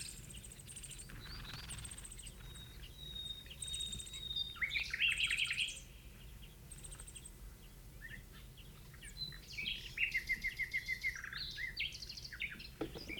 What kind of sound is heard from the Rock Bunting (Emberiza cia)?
call